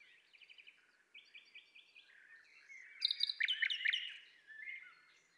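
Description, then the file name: Common nightingale phrase: soft repeated notes, then loud, sharp, rapidly repeated chirps and a brief twitter. "Luscinia megarhynchos"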